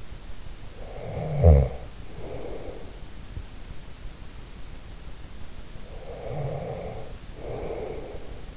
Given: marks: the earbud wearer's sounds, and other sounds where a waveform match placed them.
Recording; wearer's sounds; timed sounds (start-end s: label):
sounds in sleep by an in-ear microphone; snoring breath
0.83-2.91 s: snoring breath
5.86-8.57 s: snoring breath